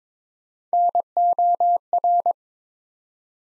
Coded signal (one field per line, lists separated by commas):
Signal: Morse code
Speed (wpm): 22 wpm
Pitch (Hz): 700 Hz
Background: none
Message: NOR